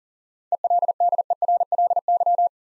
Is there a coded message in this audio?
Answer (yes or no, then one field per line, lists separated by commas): yes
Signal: Morse code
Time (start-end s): 0.5-2.5 s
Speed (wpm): 42 wpm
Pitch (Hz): 700 Hz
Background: none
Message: ELDERLY